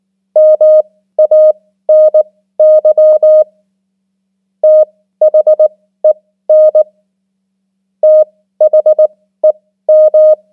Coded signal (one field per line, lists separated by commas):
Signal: Morse code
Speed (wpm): 19 wpm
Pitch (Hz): 620 Hz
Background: none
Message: MANY THEN THEM